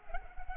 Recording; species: mosquito wingbeat signal from an infrared sensor; Culex pipiens